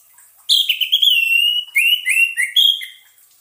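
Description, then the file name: Orange-headed thrush song: a sweet whistled phrase sliding downward, then a series of short looping whistles ending on a higher note. Lure sound played so the bird does not get stressed. "suara pancingan burung anis merah agar tidak stress"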